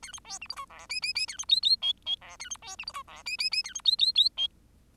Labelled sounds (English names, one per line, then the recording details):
Bengalese Finch song
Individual Bird10